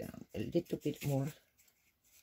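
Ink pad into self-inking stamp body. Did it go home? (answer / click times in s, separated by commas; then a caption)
no / none. A re-inked ink pad is being handled and pushed back into the housing of a self-inking stamp. Someone talks briefly, then only faint, quiet handling sounds follow. Nothing has seated or clicked yet.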